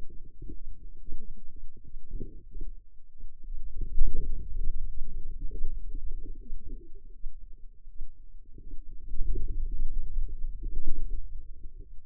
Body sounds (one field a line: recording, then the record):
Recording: forearm muscle sounds (acoustic myography)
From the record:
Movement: hand opening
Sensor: system 2, bracelet of six BSWA MPA416 microphones around the upper forearm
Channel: 5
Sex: female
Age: 25 years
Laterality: right